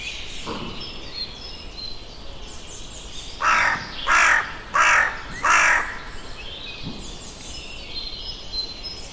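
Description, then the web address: Bird giving four harsh, evenly spaced caws in a row, with a steady hiss and faint higher bird calls behind. "Deverinetal 2025 File origin Bird Only"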